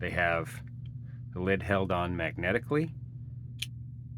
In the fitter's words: It simply clicks into place.